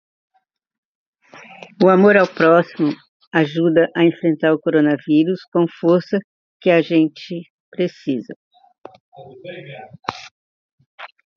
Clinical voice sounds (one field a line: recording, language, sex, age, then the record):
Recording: spoken sentence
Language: Brazilian Portuguese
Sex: female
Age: 60 to 69 years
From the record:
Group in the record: control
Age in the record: 66 years